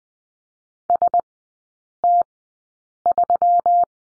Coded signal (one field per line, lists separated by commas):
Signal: Morse code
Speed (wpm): 20 wpm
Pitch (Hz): 700 Hz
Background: none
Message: ST3